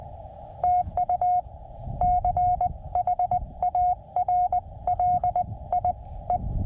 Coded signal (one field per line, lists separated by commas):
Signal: Morse code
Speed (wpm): 20 wpm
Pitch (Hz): 720 Hz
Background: radio noise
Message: TU CHARLIE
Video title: I'm still learning Morse Code